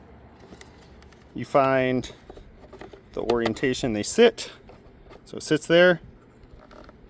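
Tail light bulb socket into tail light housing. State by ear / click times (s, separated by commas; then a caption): seated / 6.7 s, 6.9 s. On a 2001–2006 Ford Escape, a tail light bulb socket is set into the tail light housing in its orientation and twisted until it locks, while someone talks. Several small plastic clicks are heard during the twist, at about 6.7 and 6.9 seconds, as the socket seats.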